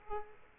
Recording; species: mosquito wingbeat signal from an infrared sensor; Aedes aegypti